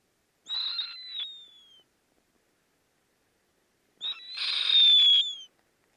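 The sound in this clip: Snowy owl calls: two rasping, high-pitched screeches, each trailing into a thin descending whistle, separated by a couple of seconds of quiet.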